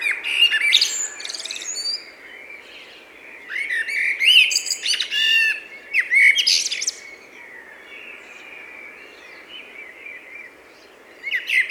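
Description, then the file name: Common blackbird song: several fluted, warbling phrases around the mid range, each ending in a high, squeaky twitter, separated by short pauses. "Turdus merula"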